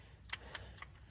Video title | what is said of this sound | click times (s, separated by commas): 2013 Passat TDI Timing Belt - ID Parts | and that pops right into the last hole, which is beautiful. | 0.5 s